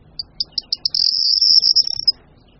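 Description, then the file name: Corn bunting delivering one song: spaced clicking notes quicken, then merge into a shrill, glassy jangle that stops abruptly after about a second. "Strnad-luční"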